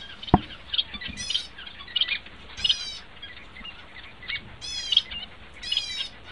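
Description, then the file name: Double-barred finch singing nasal buzzy phrases at irregular intervals, soft twittering notes between them, and a sharp click near the start. "suara owlfinch omkicau"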